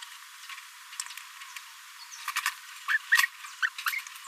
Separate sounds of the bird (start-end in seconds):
2.88-2.98, 3.12-3.17, 3.62-3.66, 3.66-3.69, 3.86-3.90